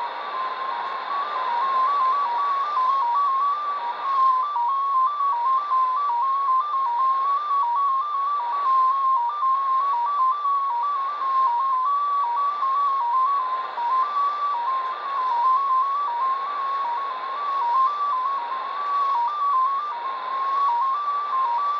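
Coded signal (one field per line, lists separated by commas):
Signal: numbers station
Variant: XPA2 MFSK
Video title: Degen DE-1103 - XPA2 18/12/2022 1130 UTC 17451kHz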